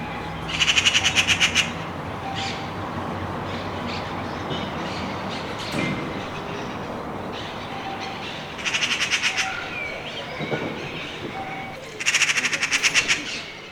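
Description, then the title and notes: Eurasian magpie chattering in three dry rattling bursts, the first early and two later close together, with constant low rumbling background noise between them. In a pine tree in front of a balcony; said to be one of the smartest birds; climbs to the top of the highest branch to warn everyone it is there; pecks pine cones before doing so. "garsa. se da un paseo por la copa del pino que tengo delante de mi balcón. suba hasta lo alto de la rama más alta para avisar a todo el mundo que allí está. Es una urraca común"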